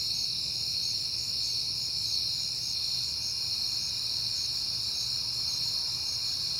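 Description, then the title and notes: Cricket chorus holding a steady high trill in several bands, gently throbbing, over faint low rumbling. Crickets recorded at night in September, on a peaceful night. "Night Time: Crickets and Passing Cars. It is September and I have been hearing the crickets a lot, but finally had a peaceful night to make the recording"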